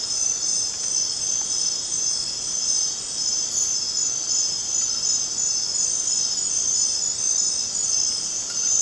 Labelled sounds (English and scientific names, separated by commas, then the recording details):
none
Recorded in dense forest near Puerto Asís, Putumayo, Colombia, on 27 June 2025 at 20:30
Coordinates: 0.484, -76.317
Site G045